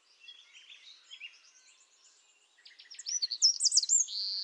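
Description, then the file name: Eurasian wren song, faint jumbled high twitters at first, then louder sharp rising notes and a rapid trill toward the end. "Troglodytes troglodytes"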